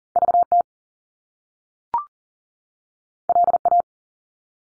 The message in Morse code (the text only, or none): VT LA